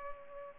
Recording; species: mosquito wingbeat signal from an infrared sensor; Culex pipiens